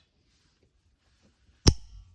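A click-type torque wrench tightens a lug nut on a car wheel, with only faint low rumbling at first. At 1.7 s the wrench gives one sharp, bright click that fades quickly, showing it has reached its torque setting.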